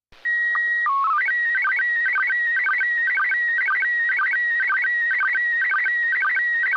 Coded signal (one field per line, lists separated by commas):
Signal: SSTV (slow-scan television)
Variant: PD 120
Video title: LCDRA Live Stream - 145.390 Lansing and 146.700 - Slow Scan TV Net